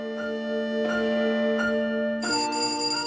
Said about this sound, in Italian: Un colpo corto corto di campanello.